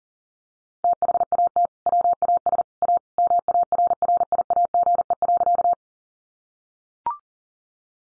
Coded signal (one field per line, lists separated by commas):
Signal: Morse code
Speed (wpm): 40 wpm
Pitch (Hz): 700 Hz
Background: none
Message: THAT WAS A MARRIAGE.